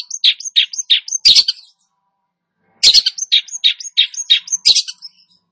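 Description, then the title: Long-tailed shrike song: two bursts of rapid, scratchy chattering notes with brief harsher buzzy phrases, separated by a short pause. Described as gacor, meaning singing actively. "Cendet Gacor"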